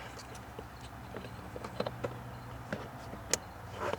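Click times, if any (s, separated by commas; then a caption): 3.3 s. A plastic wiring connector on an auto start-stop eliminator module is lined up and pushed into its mating vehicle wiring connector on a Kia Soul, with soft handling ticks and rustles along the way. It snaps home with one sharp click at 3.3 s, and the connector is seated.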